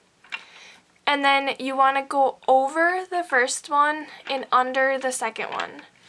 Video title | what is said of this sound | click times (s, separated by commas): How to Refill an ATG (Advanced Tape Glider) Glue Gun | And you just slide it on. And then it clicks right into place. | 0.3 s